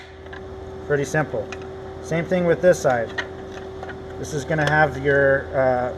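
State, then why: Seated. A used-side printer ribbon roll with green thread is pressed gear-side-left into the ribbon holder of a photo booth printer and snaps into place with a single soft click at 0.4 s, seating the roll. Someone then talks over a steady background hum.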